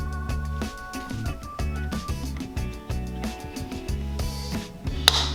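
Music plays while a motor component of a KitchenAid stand mixer is slid back into its housing during a control board repair, handled carefully to avoid damaging it. A sharp, loud snap at 5.1 s marks the component popping into place, fully seated.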